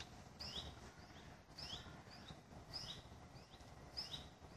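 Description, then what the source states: Common buzzard juveniles begging with sharp, high squeaks that slide downward, paired notes coming roughly every second above faint rumbling background noise. Juvenile common buzzards giving begging calls.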